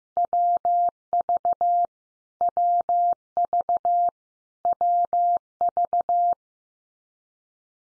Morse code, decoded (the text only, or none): WV WV WV